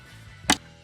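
A plastic wiring harness connector is pushed, tab side facing the installer, into the tail light assembly socket of a 2007-2014 Kia Sedona. The tail light is an original being reinstalled because it is still good. Against a quiet, steady background, a single sharp, bright click lands at 0.5 s, and the plug is fully seated and will not come out.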